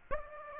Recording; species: mosquito wingbeat signal from an infrared sensor; Aedes aegypti